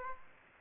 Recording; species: mosquito wingbeat signal from an infrared sensor; Aedes aegypti